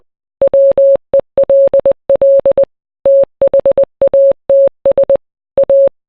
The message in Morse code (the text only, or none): WELL THATS A